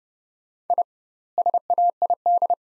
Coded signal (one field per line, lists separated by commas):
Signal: Morse code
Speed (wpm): 30 wpm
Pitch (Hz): 700 Hz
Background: none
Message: I SAID